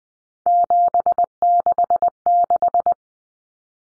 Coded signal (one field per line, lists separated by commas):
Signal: Morse code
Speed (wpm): 20 wpm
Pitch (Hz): 700 Hz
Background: none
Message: 766